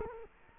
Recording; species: mosquito wingbeat signal from an infrared sensor; Culex quinquefasciatus